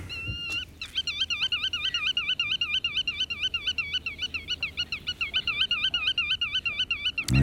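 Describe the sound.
Black-tailed godwit calling, a fast, steady series of wavering notes, with a brief click at the start and end.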